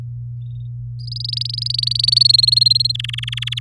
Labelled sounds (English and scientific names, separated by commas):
Domestic Canary (Serinus canaria) song